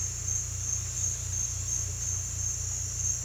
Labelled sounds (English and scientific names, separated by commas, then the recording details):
none
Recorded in dense forest near Puerto Asís, Putumayo, Colombia, on 16 December 2024 at 07:30
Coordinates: 0.467, -76.328
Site GP05